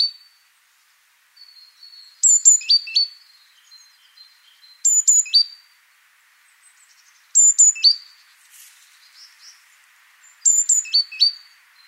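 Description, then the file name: Great tit giving clusters of thin, high chirping notes, a burst roughly every two and a half seconds, with quiet scattered notes in the pauses. "Parus major"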